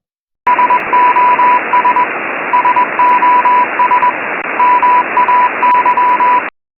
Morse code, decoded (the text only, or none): SOS SOS MAY